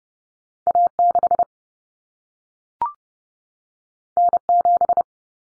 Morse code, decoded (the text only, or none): A6 N7